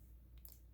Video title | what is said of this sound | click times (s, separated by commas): Nicama camera carrier review part 1 | i just snap that on there you can have layers of clothes over this and it still snaps in place | 0.4 s